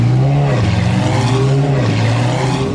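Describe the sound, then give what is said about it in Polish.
A sports car engine revs loudly, its low growl rising and falling in pitch through a couple of throttle swells, with no voices over it. “McLaren, Ferrari czy Mercedes AMG GTR to tylko niektóre z aut do wyboru dla darczyńców.”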